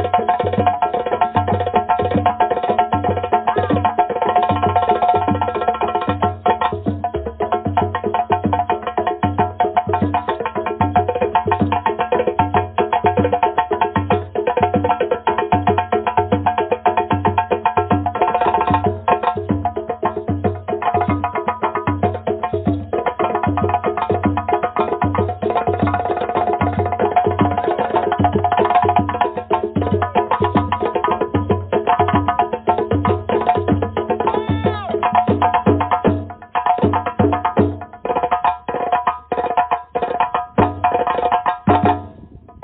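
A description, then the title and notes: Steady, dense drumming with rapid, continuous strikes over a strong low boom and ringing tones, thinning slightly and softening near the end. Drumming.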